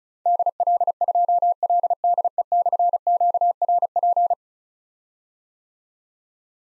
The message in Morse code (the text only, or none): DL2LDE/QRP